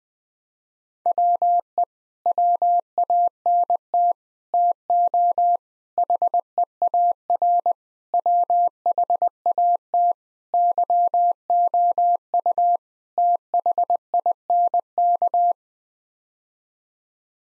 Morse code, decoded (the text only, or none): WE WANT TO HEAR WHAT YOU THINK